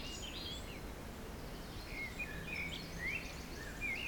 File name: Forest Spring Birds Windy 3 bft 1 pm